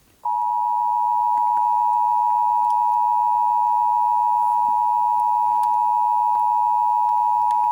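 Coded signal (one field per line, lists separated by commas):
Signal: Emergency Alert System (SAME) tones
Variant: 853 and 960 Hz attention tone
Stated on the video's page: Fictional EAS scenario.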